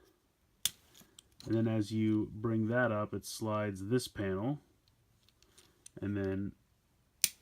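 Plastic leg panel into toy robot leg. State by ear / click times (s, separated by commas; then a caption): seated / 7.2 s. A plastic leg panel on a toy robot, the Shinkansen Henkei Robo Shinkalion DXS07 800 Tsubame, is flipped up so a panel slides along the robot leg while someone talks. There is a sharp tap at 0.7 s and a few faint clicks. A single sharp snap at 7.2 s marks the panel locking into place in the leg.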